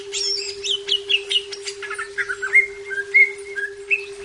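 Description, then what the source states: Leafbird song opening with rapid high chips, then clear slurred whistles descending and rising, a constant low hum throughout. Labelled 'daun kecil' (small-leaf) type.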